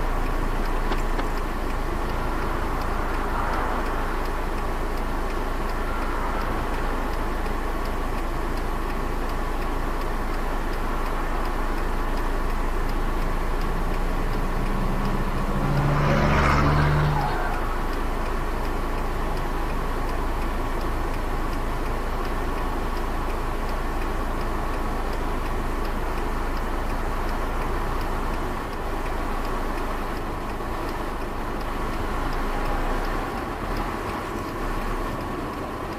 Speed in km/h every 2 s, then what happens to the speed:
0, 0, 0, 0, 0, 1, 3, 5, 3, 2, 0, 0, 0, 0, 0, 0, 3, 5.
0-11 standing. 11-17 steady at about 3. 17-31 standing.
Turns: none.